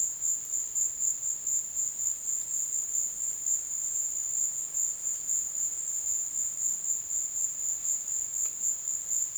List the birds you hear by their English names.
none